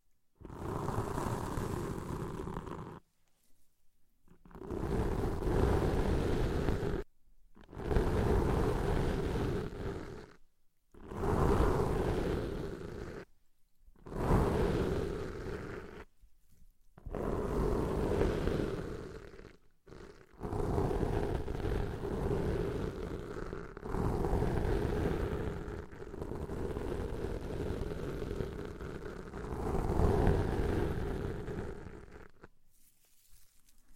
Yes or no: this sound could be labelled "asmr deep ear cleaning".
yes